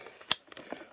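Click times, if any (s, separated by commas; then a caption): 0.3 s. A brush attachment is pushed onto the plastic connector of a National NH-VS1515/NH-VS1516 cordless stick vacuum and held until it latches. A few faint taps and plastic handling sounds surround one sharp, loud click at 0.3 s. The attachment is seated.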